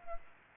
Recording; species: mosquito wingbeat signal from an infrared sensor; Culex pipiens